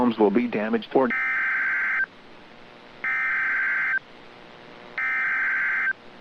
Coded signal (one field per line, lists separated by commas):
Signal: Emergency Alert System (SAME) tones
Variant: header bursts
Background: speech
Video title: PDS TOR EAS Audio From KZZ57 For Dane, Jefferson, Rock WI, (6/8/24)